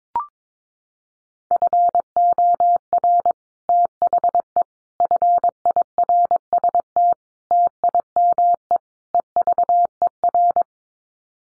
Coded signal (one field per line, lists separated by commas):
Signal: Morse code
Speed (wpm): 22 wpm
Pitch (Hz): 700 Hz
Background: none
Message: FOR THE FIRST TIME EVER